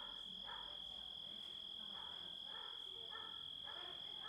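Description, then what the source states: Grasshopper stridulation: short buzzy rasps repeated regularly over a steady shrill background tone. Composite of grasshopper sounds.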